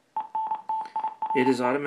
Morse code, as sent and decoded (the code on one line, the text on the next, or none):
. -. - .. .-. .
ENTIRE